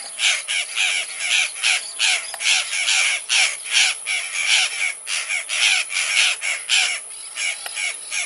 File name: Canto do gralha violacea